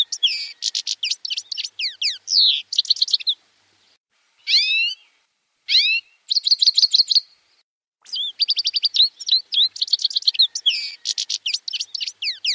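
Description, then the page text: European goldfinch song: quick liquid twitters and buzzy trills in bursts, broken by short pauses and a few sweeping downward notes. "Щегол (птица) - пение"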